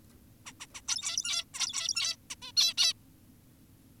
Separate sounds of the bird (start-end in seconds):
0.46-0.53, 0.60-0.66, 0.74-0.81, 0.88-1.45, 1.54-2.16, 2.30-2.36, 2.42-2.52, 2.57-2.74, 2.78-2.93